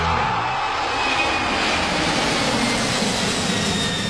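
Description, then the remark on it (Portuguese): The 'Avião do Estádio 97' airplane sound effect from the Estádio 97 radio show: a loud, steady airplane engine roars continuously, a broad rushing drone with a faint whine running through it and no voices. “Basta você anotar quantas vezes você ouve o Avião do Estádio 97 passar em qualquer dia do programa, tá bom?”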